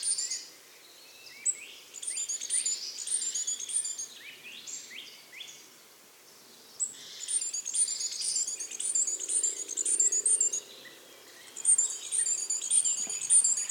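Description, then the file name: Great tit calls come in several bursts of shrill, rapid twittering, with quieter pauses between them. "Parus major"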